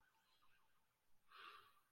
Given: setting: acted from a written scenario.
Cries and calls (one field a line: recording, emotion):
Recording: vocal sound without words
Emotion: serenity